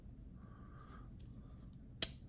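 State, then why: Seated. The spey blade of a slip-joint pocket knife, in fairly decent shape though a little rough, is closed against its backspring after a quiet stretch of low background noise. It snaps shut with a single sharp, bright click at 2.0 s, and the blade seats fully closed with a good snap.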